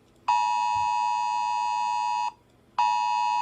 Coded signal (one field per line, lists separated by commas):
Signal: Emergency Alert System (SAME) tones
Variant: 853 and 960 Hz attention tone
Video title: List of eas alarms that I animated